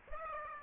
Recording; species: mosquito wingbeat signal from an infrared sensor; Aedes aegypti